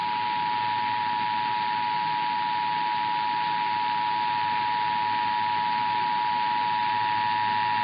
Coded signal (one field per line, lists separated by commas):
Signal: Emergency Alert System (SAME) tones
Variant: 853 and 960 Hz attention tone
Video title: EAS #108-118 - Weekly and Monthly Tests (2/4-5/24)